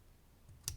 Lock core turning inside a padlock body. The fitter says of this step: there you hear that little click then it goes really loose and